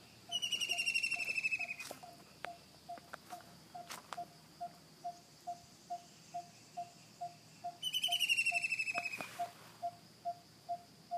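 White-throated kingfisher delivering two loud, fast, descending whinnying trills several seconds apart, with a regular background of soft pulsing notes.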